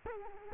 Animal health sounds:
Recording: mosquito wingbeat signal from an infrared sensor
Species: Culex quinquefasciatus

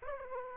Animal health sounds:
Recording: mosquito wingbeat signal from an infrared sensor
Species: Aedes aegypti

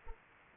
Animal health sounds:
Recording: mosquito wingbeat signal from an infrared sensor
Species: Anopheles arabiensis

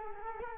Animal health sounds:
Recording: mosquito wingbeat signal from an infrared sensor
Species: Culex quinquefasciatus

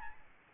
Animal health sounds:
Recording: mosquito wingbeat signal from an infrared sensor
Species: Aedes albopictus

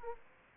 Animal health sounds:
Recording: mosquito wingbeat signal from an infrared sensor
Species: Aedes aegypti

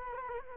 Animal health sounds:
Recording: mosquito wingbeat signal from an infrared sensor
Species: Culex quinquefasciatus

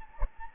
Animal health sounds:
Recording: mosquito wingbeat signal from an infrared sensor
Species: Anopheles gambiae

